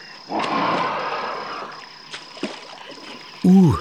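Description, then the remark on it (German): A large black rhinoceros with a bright red horn stomps out of water and off into bushes: a loud rush of churning, splashing water that fades into a few scattered thuds, then a short, deep, wavering bellow at the end. “Jetzt stampft das Viech aus dem Wasser und verschwindet in den Büschen.”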